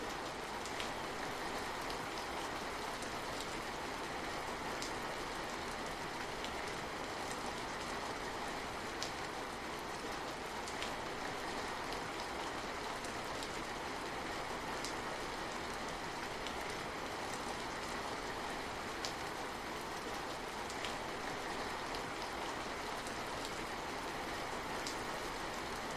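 Steady, dense rainfall patters evenly throughout, with faint crisp ticks of drops scattered over a constant hiss and a soft low rumble.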